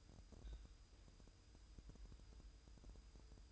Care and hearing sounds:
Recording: daily activity, microphone in the room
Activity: take from stove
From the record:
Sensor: 2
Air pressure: 988.2 hPa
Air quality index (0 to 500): 190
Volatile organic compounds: 180 ppm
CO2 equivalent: 4142 ppm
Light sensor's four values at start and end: 21/71/28/26 and 21/71/28/26

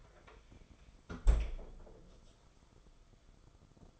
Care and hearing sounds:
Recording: daily activity, microphone in the room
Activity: close fridge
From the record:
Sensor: 5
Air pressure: 994.5 hPa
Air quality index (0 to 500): 190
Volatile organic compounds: 1000 ppm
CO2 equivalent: 5575 ppm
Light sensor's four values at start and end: 34/109/42/44 and 37/118/45/48

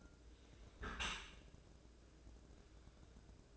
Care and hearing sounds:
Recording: daily activity, microphone in the room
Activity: close dishwasher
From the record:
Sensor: 2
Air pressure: 1012.1 hPa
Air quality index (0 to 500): 138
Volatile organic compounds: 2 ppm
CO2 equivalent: 1014 ppm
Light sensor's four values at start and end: 295/721/293/297 and 293/717/291/295

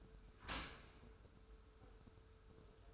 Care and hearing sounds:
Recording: daily activity, microphone in the room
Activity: open dishwasher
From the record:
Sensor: 2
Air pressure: 1014.8 hPa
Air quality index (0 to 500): 25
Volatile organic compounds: 0 ppm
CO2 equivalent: 504 ppm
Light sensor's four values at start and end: 10/23/9/10 and 10/23/9/10

